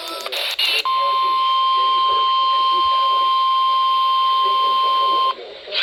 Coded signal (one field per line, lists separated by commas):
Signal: Emergency Alert System (SAME) tones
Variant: 1050 Hz attention tone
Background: speech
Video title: Powerhouse 42 Knockout. | EAS Alerts from 4/19/25 | EAS#1,943-1,968